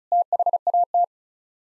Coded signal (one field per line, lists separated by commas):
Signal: Morse code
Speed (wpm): 34 wpm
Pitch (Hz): 700 Hz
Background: none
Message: THAT